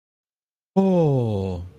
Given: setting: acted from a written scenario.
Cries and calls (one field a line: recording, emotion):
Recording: vocal sound without words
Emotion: awe